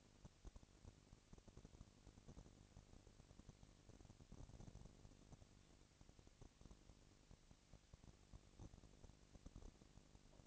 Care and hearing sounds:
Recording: daily activity, microphone in the room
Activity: no activity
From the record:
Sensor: 4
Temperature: 22.5 degrees Celsius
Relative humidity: 33.3%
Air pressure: 999.6 hPa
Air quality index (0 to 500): 231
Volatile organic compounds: 21 ppm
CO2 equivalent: 2707 ppm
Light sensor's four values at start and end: 2/3/1/1 and 2/3/1/1

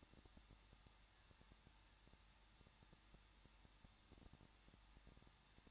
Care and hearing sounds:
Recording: daily activity, microphone in the room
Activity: no activity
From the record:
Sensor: 3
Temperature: 21.2 degrees Celsius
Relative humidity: 36.2%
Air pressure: 1006.4 hPa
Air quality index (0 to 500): 221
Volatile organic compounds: 40 ppm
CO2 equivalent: 3140 ppm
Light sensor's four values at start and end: 2/3/2/2 and 2/3/2/2

